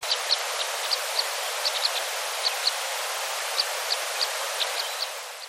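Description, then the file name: Red crossbill calls: short, sharp, high chip notes given at irregular intervals over a steady hiss. "isuka"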